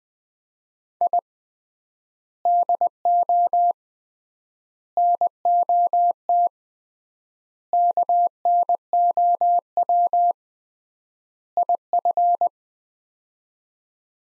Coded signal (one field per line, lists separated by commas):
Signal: Morse code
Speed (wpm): 21 wpm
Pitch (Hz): 700 Hz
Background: none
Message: I DO NOT KNOW IF